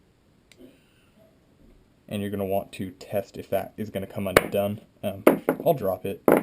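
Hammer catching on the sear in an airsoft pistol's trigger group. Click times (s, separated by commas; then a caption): 0.5 s. After the hammer and its spring are reassembled in a WE G17 airsoft pistol, the metal hammer is pushed down until it catches on the sear in the trigger group, giving a single sharp click at 0.5 s as it seats in the cocked position. A few faint, quiet sounds follow, then from about 2.1 s someone talks.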